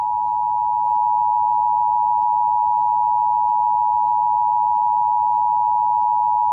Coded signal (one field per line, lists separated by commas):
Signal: Emergency Alert System (SAME) tones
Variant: 853 and 960 Hz attention tone